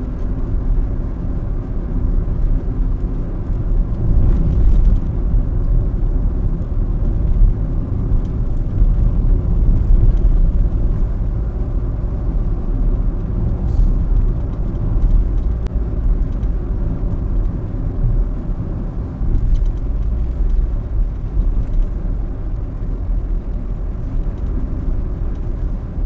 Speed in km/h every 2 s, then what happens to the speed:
55, 53, 52, 50, 52, 53, 53, 54, 54, 53, 53, 52, 50.
0-26 steady at about 53.